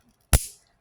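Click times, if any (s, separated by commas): 0.3 s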